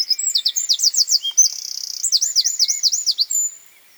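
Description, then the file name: Eurasian wren song, a loud, high, rapid outpouring of sweeping notes broken by a fast buzzy trill midway, then more looping notes before stopping. "Troglodytes troglodytes"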